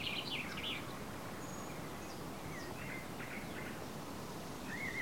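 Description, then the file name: Eurasian blackcap: brief scratchy chirps and short thin whistles come in loose bursts over steady low background noise. "Sylvia atricapilla"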